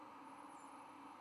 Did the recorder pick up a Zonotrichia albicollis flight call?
no